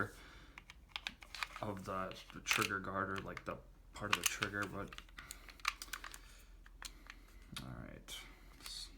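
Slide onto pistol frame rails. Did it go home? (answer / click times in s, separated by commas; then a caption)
no / none. While an airsoft Glock 19 pistol is being reassembled, its slide is pushed onto the frame rails over the recoil rod, making light clicks and scrapes as someone talks. The slide will not go home, and nothing has seated or clicked into place yet.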